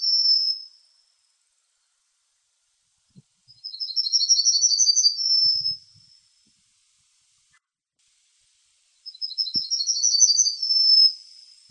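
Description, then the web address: Bird song: the end of one high phrase, then two trilled phrases several seconds apart, each a rapid run of notes ending in a sustained tone, with faint low knocks between them. "birdsong 17 АЯ"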